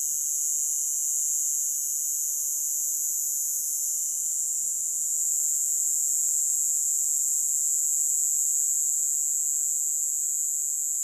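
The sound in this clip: Cicada call, a continuous shrill hiss high in pitch, even and unbroken throughout, with a faint steady whine underneath.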